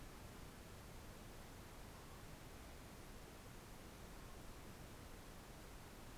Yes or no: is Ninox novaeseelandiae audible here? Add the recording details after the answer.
yes. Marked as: faintness 5/5. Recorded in New Zealand on 4 June 2017. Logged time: 21:16. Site Taranaki